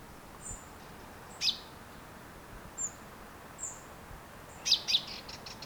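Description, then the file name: Common chaffinch calls, a sharp high note, then a quick cluster of two or three bright clipped notes near the end, with faint thin high whistles between. "Fringilla coelebs"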